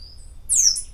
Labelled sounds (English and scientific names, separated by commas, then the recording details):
Stitchbird (Notiomystis cincta) song
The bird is a male
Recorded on Tiritiri Matangi Island, New Zealand, in 2005
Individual 7, of nest box 9